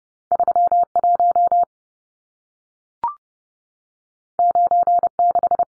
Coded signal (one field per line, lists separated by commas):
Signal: Morse code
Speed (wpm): 30 wpm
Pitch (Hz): 700 Hz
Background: none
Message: 31 96